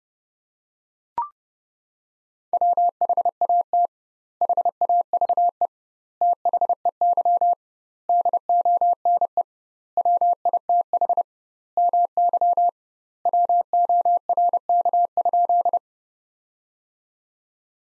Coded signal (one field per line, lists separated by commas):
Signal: Morse code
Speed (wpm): 30 wpm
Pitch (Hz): 700 Hz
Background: none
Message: WHAT HAVE THEY DONE WITH MY WORK?